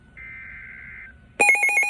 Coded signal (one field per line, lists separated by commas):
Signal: Emergency Alert System (SAME) tones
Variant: header bursts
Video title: 7/7/21 Severe Thunderstorm Warning (EAS #71)